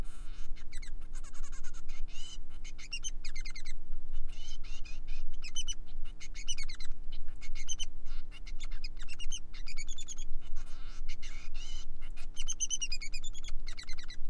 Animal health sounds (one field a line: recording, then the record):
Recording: song of a male Bengalese finch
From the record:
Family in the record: son of father 3